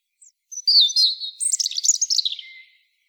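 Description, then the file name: European robin song: a high sweet whistle sliding into a fast tumbling twitter of thin notes that fades out after about two seconds. "Erithacus rubecula"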